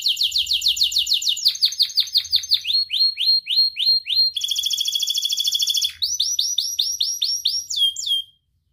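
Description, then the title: Atlantic canary song: varied phrases of rolling notes, a series of sweeping chirps and a dense buzzy trill. It ends with a final swooping note, then quiet. Energetic, fully vocal canary song ('gacor') from Indonesian songbird keeping, praised for its finest melodic turns ('cengkok') and most lavish fill-in phrases ('isian'). "Kenari Gacor Cengkok Terbaik Isian Paling Mewah"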